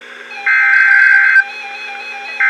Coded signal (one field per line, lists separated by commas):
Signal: Emergency Alert System (SAME) tones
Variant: header bursts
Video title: Severe Thunderstorm Warning (EAS #2,180-2,181) - October 10, 2019